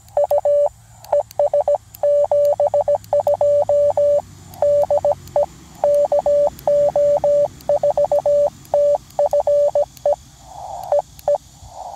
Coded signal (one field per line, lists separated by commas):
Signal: Morse code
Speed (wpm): 17 wpm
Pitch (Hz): 580 Hz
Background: radio noise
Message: U ES72 DE KO4TFE EE